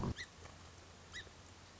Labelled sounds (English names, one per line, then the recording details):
Song Sparrow
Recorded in Sonoma County, California